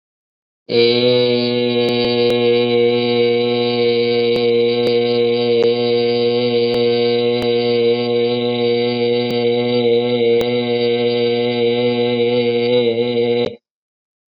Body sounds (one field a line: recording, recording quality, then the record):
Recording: sustained vowel as in made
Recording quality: excellent, no background noise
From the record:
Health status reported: COVID-19 positive, mild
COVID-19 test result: positive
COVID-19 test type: rapid antigen test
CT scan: not taken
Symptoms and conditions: cough, cold, fever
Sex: male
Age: 23 years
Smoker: no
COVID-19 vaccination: both doses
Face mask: worn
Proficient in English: yes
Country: India